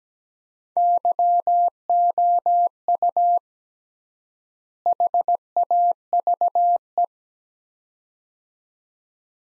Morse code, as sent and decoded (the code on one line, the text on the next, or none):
-.-- --- ..- / .... .- ...- .
YOU HAVE